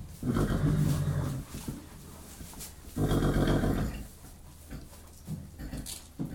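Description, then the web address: Horse whickering in two low, pulsing, throaty bursts about three seconds apart, each lasting roughly a second, with quieter sounds between them. Horses whickering in stables, one particularly dominant horse heard close. "horse whickering in stables one particularly dominant close perspective"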